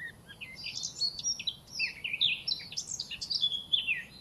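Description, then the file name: Eurasian blackcap in steady warbling, dense scratchy and fluty high notes tumbling together without a break, with faint low rumble underneath. "Sylvia atricapilla"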